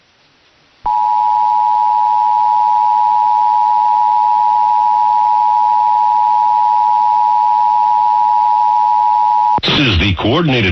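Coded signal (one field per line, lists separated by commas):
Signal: Emergency Alert System (SAME) tones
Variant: 853 and 960 Hz attention tone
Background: speech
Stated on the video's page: Real monthly test on the 5 kW AM station KEAR, received via an SDR server.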